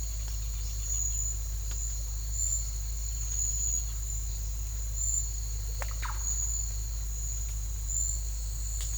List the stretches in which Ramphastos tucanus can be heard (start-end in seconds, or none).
none